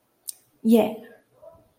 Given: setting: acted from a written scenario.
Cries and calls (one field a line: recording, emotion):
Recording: vocal sound without words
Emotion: triumph